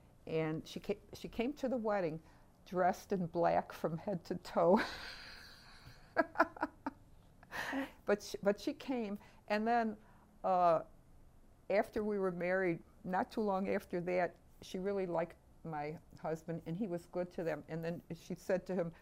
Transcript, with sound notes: and she came to the wedding dressed in black from head to toe. [Laughs] But she came and then after we were married, not too long after that, she really liked my husband and he was good to them, and then she said to him.